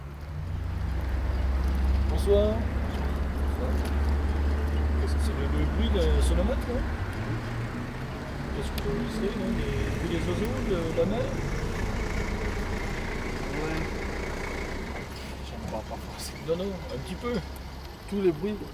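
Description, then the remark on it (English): Road traffic in Lesconil, recorded at 23:02 during a 24-hour recording and traffic count in 2000, rumbles steadily, with a heavy low engine drone for the first few seconds before easing into a broader wash of vehicle noise, while people talk over it throughout. “And this is 24 hours recording and traffic count.”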